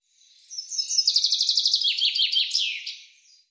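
Bird singing a rapid high trill, descending slurred notes, and a final flourish, with a faint soft note at the very end.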